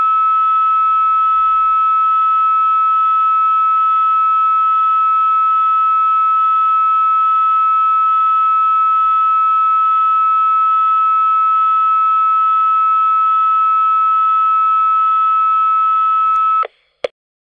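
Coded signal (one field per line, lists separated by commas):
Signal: modem data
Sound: steady high whistle with a faint hissy warble above it, then an abrupt cutoff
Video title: Modem Sending & Receiving a Transmission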